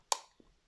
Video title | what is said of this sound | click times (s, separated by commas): DEERC D50 HD Camera Drone Review - Setup tutorial and Unboxing | click you hear that a nice click and then to release it there's a little button here | 0.1 s